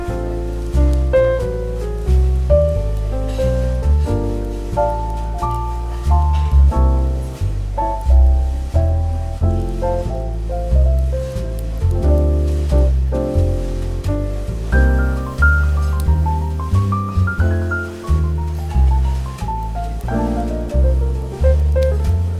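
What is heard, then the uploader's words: Smooth jazz plays with a steady, regular beat and full bass, while a bright melody climbs and falls in quick runs near the end. Coffee Shop Bookstore Ambience with Relaxing Smooth Jazz Music and Crackling Fireplace.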